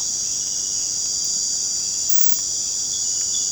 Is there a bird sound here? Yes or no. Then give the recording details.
no. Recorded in pastures near Puerto Asís, Putumayo, Colombia, on 30 June 2025 at 19:00. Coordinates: 0.472, -76.331. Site G095